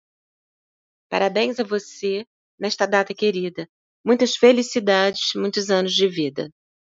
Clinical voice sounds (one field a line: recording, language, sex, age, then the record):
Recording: short text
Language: Brazilian Portuguese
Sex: female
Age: 50 to 59 years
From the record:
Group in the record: control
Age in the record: 54 years